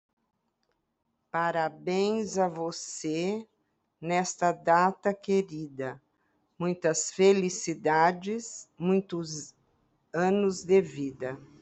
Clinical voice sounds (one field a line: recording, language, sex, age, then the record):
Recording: short text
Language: Brazilian Portuguese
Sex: female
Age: 60 to 69 years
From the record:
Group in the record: control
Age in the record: 68 years